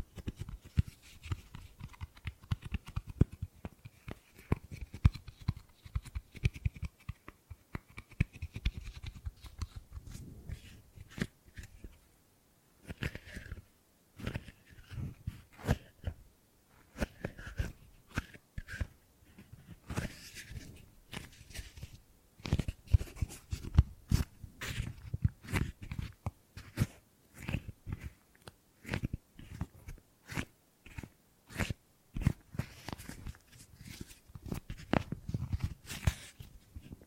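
Gripping and grabbing sounds come as dense bursts of sharp clicks, rustles and soft thumps, with a brief pause near twelve seconds.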